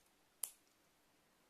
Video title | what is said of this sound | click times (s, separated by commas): Лучший пакет-сюрприз от #Focallure / предновогодняя распаковка с #aliexpress | слышали щелчок был так | 0.4 s